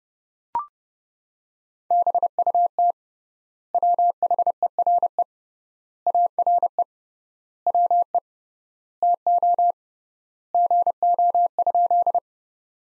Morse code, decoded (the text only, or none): BUT WHERE ARE WE TO GO?